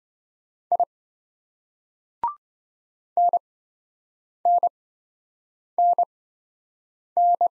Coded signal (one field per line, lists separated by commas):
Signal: Morse code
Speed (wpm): 27 wpm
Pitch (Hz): 700 Hz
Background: none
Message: I NNNN